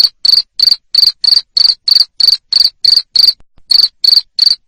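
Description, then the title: Shrill cricket chirps, each a short buzzy pulse, repeating about three times a second with one brief break near the end. Loud cricket chirping, played to stimulate lovebirds to sing continuously. "Suara JANGKRIK NGERIK Keras Bikin LOVEBIRD Jadi NGEKEK Terus"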